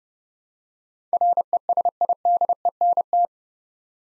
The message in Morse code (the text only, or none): RESIDENT